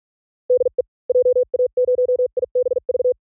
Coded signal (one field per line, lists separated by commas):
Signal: Morse code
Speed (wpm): 46 wpm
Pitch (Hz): 500 Hz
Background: none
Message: DE JA0IBV